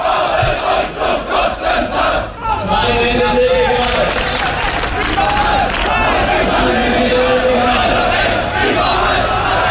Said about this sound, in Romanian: La Köln, 400 de persoane au strigat în stradă, naziștii afară.